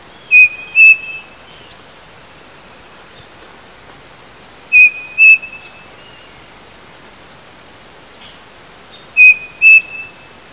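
Bird calls: a pair of short sharp whistled notes, each with a brief level tail, repeated roughly every four and a half seconds over steady rushing background noise.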